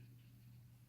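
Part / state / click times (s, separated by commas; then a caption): helmet side piece onto figure helmet / not seated / none. A plastic side piece is being fitted onto the helmet of a Hot Toys Gladiator Hulk (Ragnarok) figure. Only a steady low hum and faint handling noise are heard, with no sharp hits. Nothing has seated or clicked yet.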